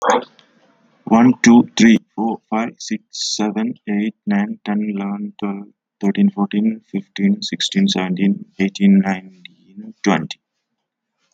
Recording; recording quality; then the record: counting at a fast pace; excellent, no background noise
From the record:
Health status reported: healthy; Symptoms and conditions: none ticked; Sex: male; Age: 25 years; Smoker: not ticked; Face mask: not worn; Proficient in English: yes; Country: India